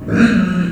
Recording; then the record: squeal of a Yucatan mini pig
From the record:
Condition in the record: after surgery on the right vocal fold (resection and tissue-engineered implant); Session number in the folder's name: 6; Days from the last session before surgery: 40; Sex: female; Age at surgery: 19 weeks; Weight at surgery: 25 kg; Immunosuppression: prednisolone